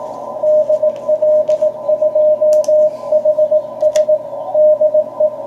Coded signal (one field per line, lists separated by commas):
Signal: Morse code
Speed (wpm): 20 wpm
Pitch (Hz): 620 Hz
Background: radio noise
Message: DL2HS DE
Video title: CW QSO on 40m with DK6MV op Alfons